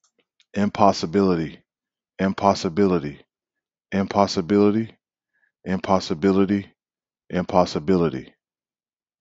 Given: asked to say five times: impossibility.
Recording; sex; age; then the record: repeated word; male; 30 to 39 years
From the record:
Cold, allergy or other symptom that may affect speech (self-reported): no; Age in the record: 32 years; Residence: North Carolina, United States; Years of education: 12